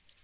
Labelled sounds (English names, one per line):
Black-throated Green Warbler flight call